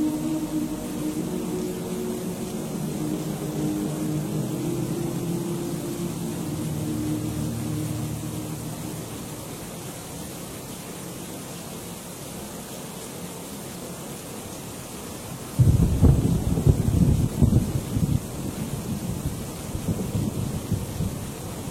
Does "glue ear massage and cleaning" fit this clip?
no